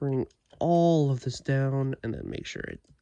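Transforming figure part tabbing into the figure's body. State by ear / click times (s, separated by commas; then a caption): not seated / none. Someone talks while handling a Transformers Legacy United Cybertron Starscream action figure, bringing a panel part down during transformation so it can tab into the figure's body, with faint handling noises toward the end. The clip ends before the part goes home, and nothing has seated or clicked yet.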